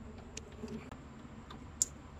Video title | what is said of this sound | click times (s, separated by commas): 3rd Brake Light from Turn Offroad NOW COMBINES Chase and Reverse Functions | There we go. You want to make sure it clicks. | 1.8 s